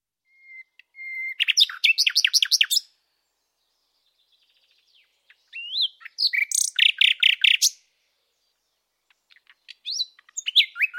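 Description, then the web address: Common nightingale song: a sustained whistle, then bursts of rapid repeated notes in three phrases separated by pauses, with a quiet background. "coll efromentin la rochelle. Rossignol philomele"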